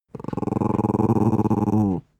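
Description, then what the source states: Dog growling, a low, soft, continuous rumbling growl with a pulsing rhythm, lasting about two seconds and ending abruptly. Small dog, soft growl.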